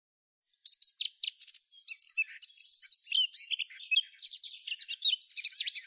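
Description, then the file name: Eurasian blackcap song: a continuous, fast, scratchy warble of varied chirps and twittering notes running for over five seconds without a break. "Kapturka"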